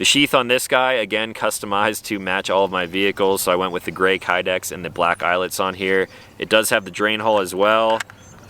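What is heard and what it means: Someone talks while handling a fixed-blade knife and its gray Kydex sheath with black eyelets and a drain hole, customized to match their vehicles. Two faint sharp ticks come at about 8.4 s and 8.5 s as the clip ends. The knife has not yet snapped into the sheath; nothing has seated.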